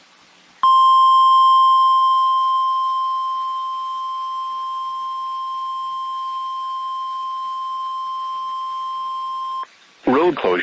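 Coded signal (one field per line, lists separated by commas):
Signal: Emergency Alert System (SAME) tones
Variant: 1050 Hz attention tone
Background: speech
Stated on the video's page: NOAA Weather Radio Local Area Emergency for Ashland County, Wisconsin, relayed by the National Weather Service in Duluth, about a road closure.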